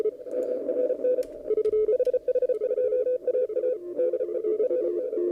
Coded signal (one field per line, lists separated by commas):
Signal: Morse code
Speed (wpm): 34 wpm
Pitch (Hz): 500 Hz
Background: none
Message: MRN HH2AA DE RN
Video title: HH2AA CW operation